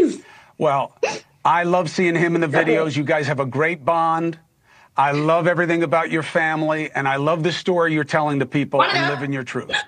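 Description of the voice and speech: An adult man speaks fluently and warmly, with clear articulation and steady rhythm; ordinary speech with no voice disorder.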